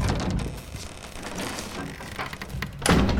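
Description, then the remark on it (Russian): A shed door swings shut with a single dull, low thud near the end as someone enters the shed, following a few seconds of steady hissing, rustling background noise. “Синь заходит в сарай, закрывая дверь.”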